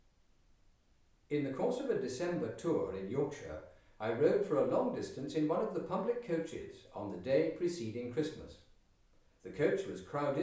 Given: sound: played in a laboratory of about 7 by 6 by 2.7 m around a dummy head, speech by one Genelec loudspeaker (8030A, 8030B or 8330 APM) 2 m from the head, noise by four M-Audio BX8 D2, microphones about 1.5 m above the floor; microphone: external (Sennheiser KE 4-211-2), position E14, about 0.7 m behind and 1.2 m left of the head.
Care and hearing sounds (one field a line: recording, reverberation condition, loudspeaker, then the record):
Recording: male speech in English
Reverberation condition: medium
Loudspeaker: 30 degrees to the left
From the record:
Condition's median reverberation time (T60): about 510 ms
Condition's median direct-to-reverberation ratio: about -0.5 dB